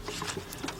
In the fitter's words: Snapped into place. Great. That's done.